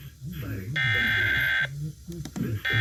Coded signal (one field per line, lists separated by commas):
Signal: Emergency Alert System (SAME) tones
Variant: header bursts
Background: speech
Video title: My second compilation! (EAS alerts from 10/5/2021 (EAS #34-40